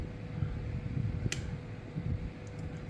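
A small metal screw in the handle of a TWOSUN TS468 folding pocket knife is turned during reassembly until it lines up at a certain little click. Over a steady low hum, a single sharp click sounds at 1.3 s as the screw seats.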